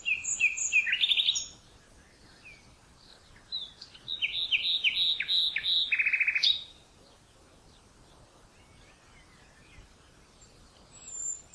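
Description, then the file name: Common nightingale song phrases: a short opening burst of notes, then a longer run of varied rapid notes and trills, followed by several seconds of quiet. "Luscinia megarhynchos"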